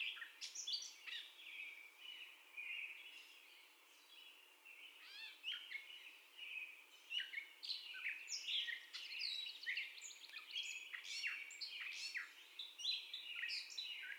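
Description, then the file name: Catbird in an extended song, mixing nasal mews, rasping notes and high squeaks in a nonstop, disjointed sequence with a brief softer lull midway. First song, recorded 30 May 2021. "2021-05-30 Catbird First Song"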